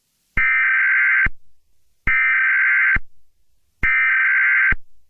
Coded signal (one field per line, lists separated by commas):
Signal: Emergency Alert System (SAME) tones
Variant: header bursts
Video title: TORNADO - a mini series EAS scenario [NON CANON]